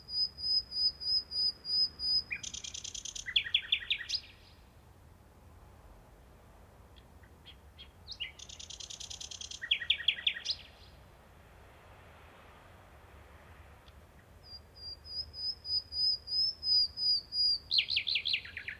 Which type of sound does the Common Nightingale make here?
song